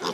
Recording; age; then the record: pig call; piglet (1 to 25 days)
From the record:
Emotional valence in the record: positive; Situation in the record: before nursing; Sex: male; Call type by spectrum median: low-frequency call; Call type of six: low-frequency tonal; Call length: 0.13 s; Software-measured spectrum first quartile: 630 Hz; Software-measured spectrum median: 1389 Hz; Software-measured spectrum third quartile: 4070 Hz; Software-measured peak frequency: 425 Hz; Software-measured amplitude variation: 95 dB a second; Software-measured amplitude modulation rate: 11.2 a second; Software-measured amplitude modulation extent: 8.5 dB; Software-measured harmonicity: 0.3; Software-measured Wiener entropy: -1.90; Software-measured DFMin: 1058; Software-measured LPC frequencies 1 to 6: 470, 1106, 3524, 4933, 6644, 8206 Hz